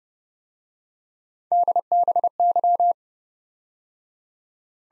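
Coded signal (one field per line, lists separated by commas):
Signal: Morse code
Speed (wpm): 28 wpm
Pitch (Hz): 700 Hz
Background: none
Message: DBY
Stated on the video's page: Morse practice drill of three-character letter-number groups that starts fast and slows to a 22 wpm base, with a final repeat at maximum speed.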